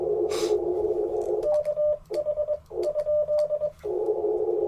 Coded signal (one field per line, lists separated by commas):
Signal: Morse code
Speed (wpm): 22 wpm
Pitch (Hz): 590 Hz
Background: radio noise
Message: KH ?